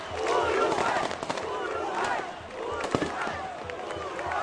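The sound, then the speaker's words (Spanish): Sharp bangs of firecrackers and fireworks thrown by people of the Uruguayan community in the United States pop at irregular intervals over a steady, noisy crowd murmur, with a few louder cracks standing out from the din. “Cohetes, la gente tirando bombas, impresionante.”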